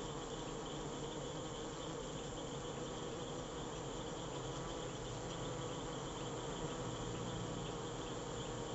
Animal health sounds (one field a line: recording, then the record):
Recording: honeybee defence experiment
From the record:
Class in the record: control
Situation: empty test tube, no live specimens